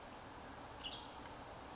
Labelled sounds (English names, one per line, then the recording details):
Western Tanager
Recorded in Sonoma County, California